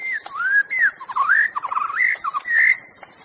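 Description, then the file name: White-rumped Shama singing fluid, melodious whistles mixed with quick chattering notes, phrases rising and falling continuously over a background of high insect hiss. Forest bird. "suara muraibatu hutan. omkicau"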